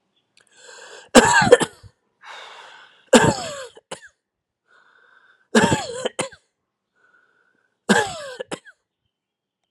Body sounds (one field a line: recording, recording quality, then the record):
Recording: heavy voluntary cough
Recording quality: excellent, no background noise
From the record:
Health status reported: healthy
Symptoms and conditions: none ticked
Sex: male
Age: 50 years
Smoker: not ticked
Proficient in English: yes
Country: United States